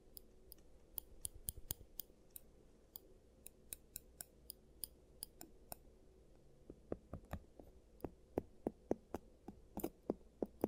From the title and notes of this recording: ASMR Giant Teeth Treatment, Fixing Your Cavities (No Talking).